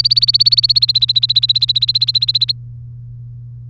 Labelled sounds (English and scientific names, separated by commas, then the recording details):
Domestic Canary (Serinus canaria) song
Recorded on 3 May 2018 at 11:37
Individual llb3